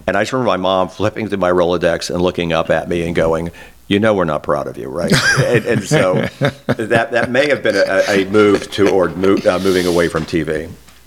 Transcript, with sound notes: And I just remember my mom flipping through my rolodex and looking up at me and going, “You know we're not proud of you, right?” (Laughing) And that may have been a move to or moving away from TV.